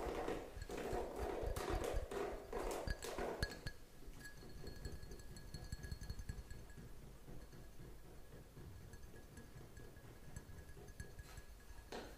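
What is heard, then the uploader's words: Quick, dense tapping fills the first three and a half seconds, loud hollow knocks with a warm midrange ring coming in a rapid uneven run. It then drops to quiet, with soft scattered clicks and a faint thin whine, before one sharp tap near the end. Tapping Overload.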